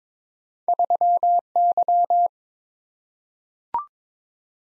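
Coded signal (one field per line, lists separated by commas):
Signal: Morse code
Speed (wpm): 21 wpm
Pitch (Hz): 700 Hz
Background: none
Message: 3Y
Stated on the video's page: Morse practice drill at 22 wpm: random two-character letter and number combinations for head copy, each sent, spoken, then sent again.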